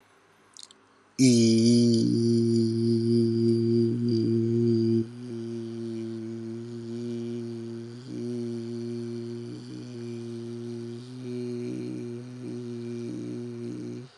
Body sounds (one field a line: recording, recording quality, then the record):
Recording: sustained vowel as in beet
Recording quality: excellent, no background noise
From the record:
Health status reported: healthy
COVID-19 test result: negative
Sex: male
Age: 30 years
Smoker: yes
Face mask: not worn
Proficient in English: yes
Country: India